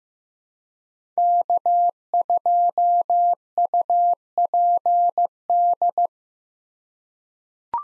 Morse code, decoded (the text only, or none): K2UPD